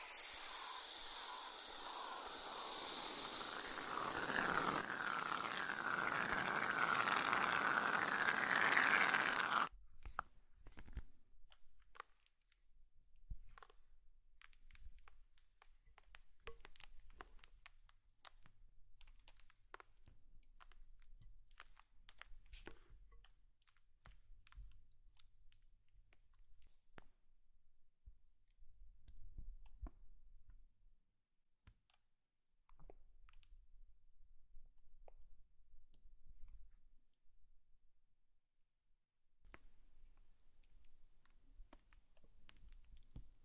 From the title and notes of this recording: ASMR Slime sounds for sleep, tingles and relaxation.